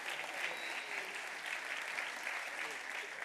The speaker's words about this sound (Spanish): No están todos, pero bueno, vamos a ir aplaudiéndolos, se van a quedar aquí.